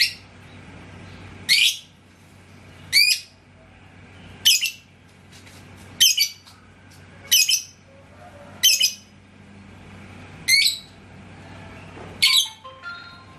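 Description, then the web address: Lovebird repeating harsh, high-pitched chirps about every one and a half seconds, with faint thin whistles behind. "love-bird suara-lovebird-paud"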